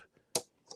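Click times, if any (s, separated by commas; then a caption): 0.4 s. A beading presser foot, its toe tipped up, is snapped onto a serger's foot holder. A sharp, bright click comes at 0.4 s, followed by a fainter click at 0.7 s. The foot is seated in place.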